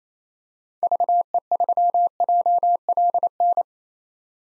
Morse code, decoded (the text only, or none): VE3JLN